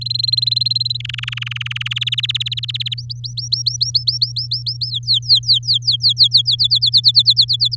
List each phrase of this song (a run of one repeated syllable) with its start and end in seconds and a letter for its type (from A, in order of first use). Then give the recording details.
0.01-0.97 A, 1.00-1.94 B, 1.96-2.94 C, 2.98-4.90 D, 4.91-6.55 E, 6.58-7.75 F. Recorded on 7 May 2018 at 14:19. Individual llb16